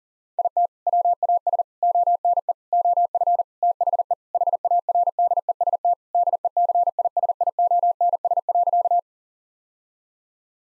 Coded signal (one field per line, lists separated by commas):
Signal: Morse code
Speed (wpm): 40 wpm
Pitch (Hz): 700 Hz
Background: none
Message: IT WAS ONE OF THE HARDEST DECISIONS.